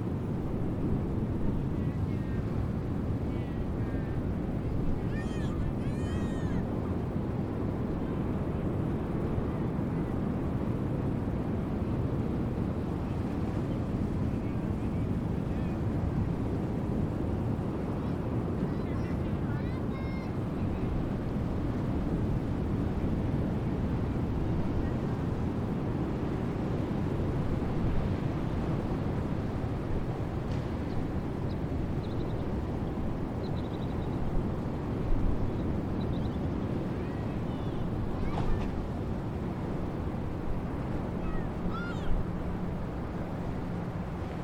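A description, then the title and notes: Outdoor ambience at a breakwater beach: a steady, dense, low roar of wind and surf runs throughout. Faint voices come in now and then, with a few brief sharp clicks near the start and a soft low hum late on. These relaxing sounds are coming to you from Charlestown Breakwater State Beach. 12:30 pm.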